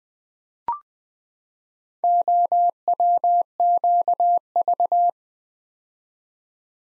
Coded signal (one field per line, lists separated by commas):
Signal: Morse code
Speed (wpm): 20 wpm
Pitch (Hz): 700 Hz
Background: none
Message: OWQV